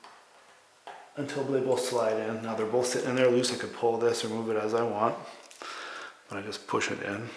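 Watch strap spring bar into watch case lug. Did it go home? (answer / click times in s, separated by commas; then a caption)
no / none. Someone talks while handling a watch strap, pushing the second spring bar end with a screwdriver toward the metal lug hole of the watch case. A couple of faint, brief ticks sound around 5.5 and 5.6 seconds among the talking. Nothing has seated or clicked into the lug yet.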